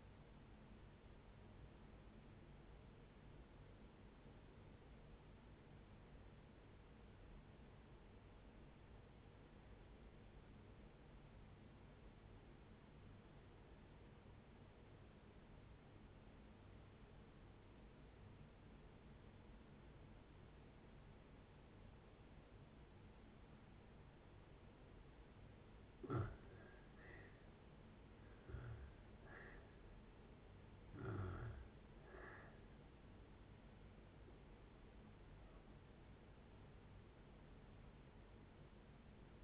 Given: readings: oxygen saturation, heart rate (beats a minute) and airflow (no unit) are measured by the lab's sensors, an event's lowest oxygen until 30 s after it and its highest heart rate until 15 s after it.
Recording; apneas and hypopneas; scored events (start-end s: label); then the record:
breathing in sleep by a voice recorder at the bedside; 1
4.00-28.20 s: obstructive apnea (N2, oxygen 96% highest, then 81% lowest, heart rate 64 at the start, 72 highest)
32.00-39.44 s: new sleep stage, N1 (lightest sleep)
From the record:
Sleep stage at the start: N2 (light sleep); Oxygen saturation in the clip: 78 to 96%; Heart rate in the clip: 57 to 72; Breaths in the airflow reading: 5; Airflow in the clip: -6.7 to 7.1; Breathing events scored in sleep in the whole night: 496 in 5.4 hours asleep